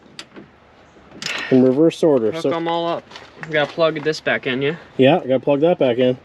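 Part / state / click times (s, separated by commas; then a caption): wiring harness connector into its socket near the car's radiator / not seated / none. While reassembling a Pontiac Vibe after a radiator swap, an electrical wiring harness connector is handled near the radiator, about to be plugged back into its mating plastic socket. People talk throughout, with a short sharp tap near 0.2 s and a brief rustle around 1.3 s. Nothing has seated or clicked yet by the end.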